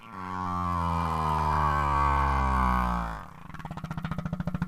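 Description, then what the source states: Humpback whale song: a long, low, steady moaning tone rich in harmonics that drops sharply near the end, then gives way to a rapid series of pulsed grunts. Male song; males tend to conform to the local song type, while novel songs may make a male stand out to females.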